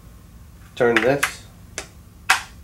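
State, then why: Seated. Someone talks as the release button on the folding stock of an airsoft MP40 is pressed and the stock arm is turned out. A light tick is heard at 1.8 s, then a sharp, louder click at 2.3 s as the arm locks into its open position on the receiver.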